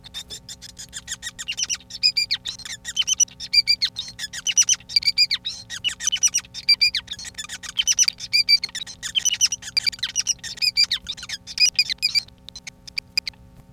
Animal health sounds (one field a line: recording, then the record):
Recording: song of a male Bengalese finch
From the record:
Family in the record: son of father 5